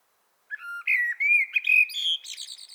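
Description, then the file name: Common blackbird song phrase: a run of smooth, fluty whistles rising and shifting in pitch, finishing with a scratchy, high-pitched twitter. "Turdus merula"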